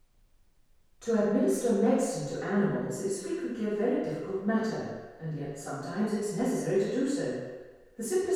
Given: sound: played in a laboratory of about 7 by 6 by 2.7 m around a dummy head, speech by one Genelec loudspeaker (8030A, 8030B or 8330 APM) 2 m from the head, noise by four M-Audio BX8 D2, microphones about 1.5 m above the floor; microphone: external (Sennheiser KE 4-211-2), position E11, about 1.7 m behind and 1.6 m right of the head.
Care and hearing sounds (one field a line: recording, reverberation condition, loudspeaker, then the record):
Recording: female speech in English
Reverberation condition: high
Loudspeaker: 150 degrees to the left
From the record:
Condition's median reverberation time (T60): about 1300 ms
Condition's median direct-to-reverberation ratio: about -4.0 dB